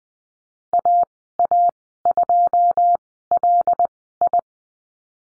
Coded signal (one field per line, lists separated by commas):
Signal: Morse code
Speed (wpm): 20 wpm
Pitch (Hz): 700 Hz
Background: none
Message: AA2LI